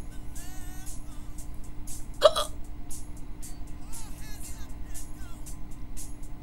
Hiccups.